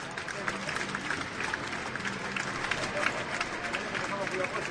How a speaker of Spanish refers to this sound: Pedimos un aplauso, ¿le parece? Un aplauso para Victorino. Para Victorino, amigos, por favor.